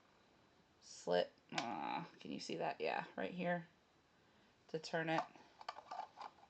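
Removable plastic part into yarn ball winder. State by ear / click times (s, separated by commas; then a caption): seated / 5.7 s. A removable plastic part of a yarn ball winder is lined up with a small slit and turned so it twist-locks onto the winder, locking in place so it doesn't fall off. Someone talks first, then small ticking clicks are heard as the part is turned, with the main click at 5.7 s showing it has seated.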